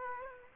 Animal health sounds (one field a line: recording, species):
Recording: mosquito wingbeat signal from an infrared sensor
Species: Aedes aegypti